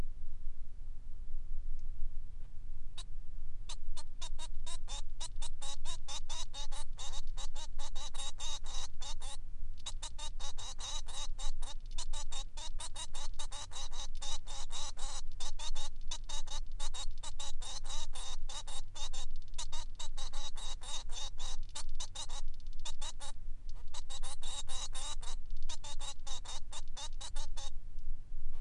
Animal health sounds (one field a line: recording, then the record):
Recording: song of a male Bengalese finch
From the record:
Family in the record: son of father 3